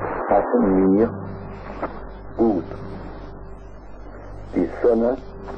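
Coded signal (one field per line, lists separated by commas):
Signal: numbers station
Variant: G01, German voice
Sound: a few short spoken words, spaced apart, over steady shortwave hiss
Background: radio static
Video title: Zahlensender/Number Station "G01" ("Tyrolean Music Station") (F) (1971)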